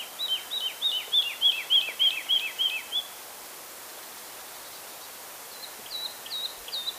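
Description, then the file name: Woodlark singing a quick run of liquid, downslurred whistles for about three seconds, then a pause, then a softer phrase of similar falling notes near the end. "Tottavilla"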